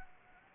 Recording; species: mosquito wingbeat signal from an infrared sensor; Anopheles arabiensis